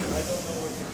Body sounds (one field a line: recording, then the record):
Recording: coughing mixed with background sound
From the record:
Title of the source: Residual Phlegmy Morning Coughing and Gagging